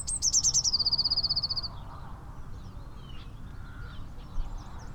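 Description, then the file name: Eurasian blue tit giving a high, sharp note run into a rapid trill of about one and a half seconds that steps down in pitch, followed by faint scattered chirps over steady low noise. "Cyanistes caeruleus"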